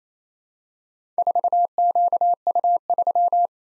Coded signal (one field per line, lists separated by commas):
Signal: Morse code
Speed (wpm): 27 wpm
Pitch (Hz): 700 Hz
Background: none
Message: 4QU3